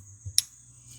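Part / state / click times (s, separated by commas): crimped metal wire end into plastic quick-connect housing / seated / 0.4 s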